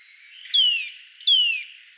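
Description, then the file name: Eurasian nuthatch calls: two sharp, clear notes that drop quickly in pitch, given about three quarters of a second apart, with a faint background hiss. "Sitta europaea"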